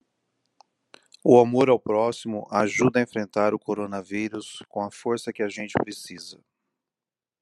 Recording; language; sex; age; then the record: spoken sentence; Brazilian Portuguese; male; 40 to 49 years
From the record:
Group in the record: control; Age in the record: 49 years